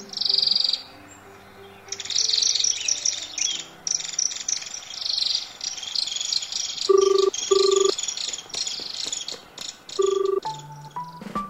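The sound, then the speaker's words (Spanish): Dense, high-pitched bird chirping runs almost nonstop, with overlapping calls and a few short, steady lower tones breaking in near the end. No one speaks. “Hace sus nidos en los huecos de los árboles y en el techo de mi casa.”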